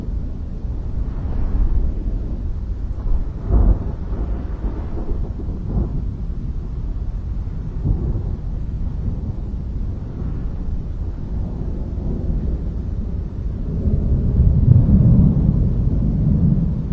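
Low, rolling thunder rumbles through a mountain valley, a continuous deep roar that swells and fades without sharp cracks. Brief thuds land near 3.5 and 8 seconds, and the rumble grows heavier and louder from about 14 seconds to the end.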